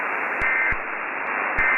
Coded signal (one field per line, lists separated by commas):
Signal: Emergency Alert System (SAME) tones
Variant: end-of-message bursts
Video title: (PREVIEW) EAS Scenario: 2050